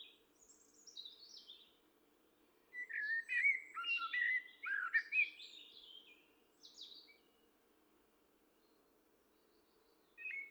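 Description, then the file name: Common blackbird song: a quiet high squeaky start, a burst of fluted, tumbling warbles, then a few high twitters and near silence. "Turdus merula"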